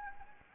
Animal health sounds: mosquito wingbeat signal from an infrared sensor; Anopheles gambiae

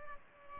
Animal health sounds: mosquito wingbeat signal from an infrared sensor; Culex pipiens

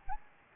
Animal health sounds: mosquito wingbeat signal from an infrared sensor; Anopheles gambiae

